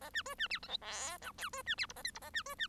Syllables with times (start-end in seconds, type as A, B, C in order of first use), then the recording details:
0.01-0.10 A, 0.13-0.22 B, 0.25-0.35 C, 0.38-0.48 B, 0.50-0.59 D, 0.62-0.68 E, 0.68-0.77 F, 0.81-1.18 G, 1.21-1.32 H, 1.38-1.50 I, 1.53-1.62 C, 1.66-1.75 B, 1.77-1.86 D, 1.88-1.93 J, 1.95-2.03 A, 2.04-2.11 K, 2.14-2.19 J, 2.21-2.30 A, 2.33-2.43 B, 2.46-2.55 C, 2.58-2.67 B. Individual Bird1